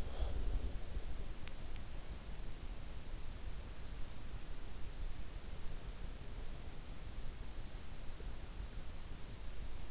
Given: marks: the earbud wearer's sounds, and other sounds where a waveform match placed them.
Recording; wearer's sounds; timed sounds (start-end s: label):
sounds in sleep by an in-ear microphone; breath
0.00-0.97 s: breath